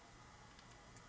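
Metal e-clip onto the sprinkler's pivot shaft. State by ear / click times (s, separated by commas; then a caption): not seated / none. During a trip mechanism repair on an Orbit 55016 part circle impact sprinkler, a small metal e-clip (retaining clip) is handled onto the sprinkler's pivot shaft. Only a steady hiss with a few faint light ticks is heard. Nothing has seated or clicked yet.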